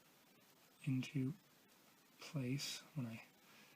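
A plastic hand piece is handled and lined up to slide into a scale figure's arm while someone talks throughout. Nothing has clicked or seated into place yet.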